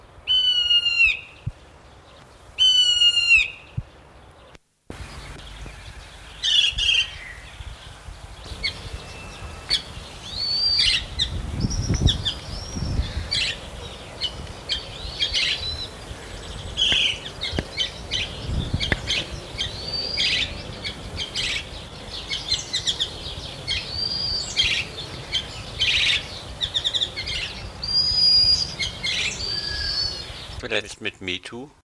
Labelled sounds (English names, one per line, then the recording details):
White-throated Laughingthrush
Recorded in captivity
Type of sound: call, song
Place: Zoo Berlin, Berlin, DE
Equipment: Halbspur, 9,5 cm/s
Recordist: Lütgens, Hans
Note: Rufe, dann Gesang